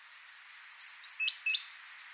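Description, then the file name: Great tit song: a single short phrase, two high clear notes followed by two lower notes that dip sharply, after a soft chip. "Parus major"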